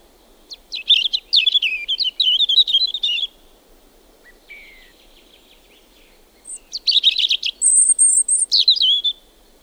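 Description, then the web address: European robin singing two separate phrases of sweet, varied warbling, the second including a thin, very high sustained whistle, with a quiet pause between them. "liigid plaat punarind"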